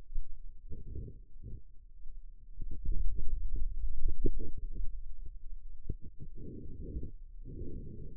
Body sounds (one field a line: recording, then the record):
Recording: forearm muscle sounds (acoustic myography)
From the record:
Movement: hand opening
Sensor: system 2, bracelet of six BSWA MPA416 microphones around the upper forearm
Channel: 6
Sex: male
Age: 22 years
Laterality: right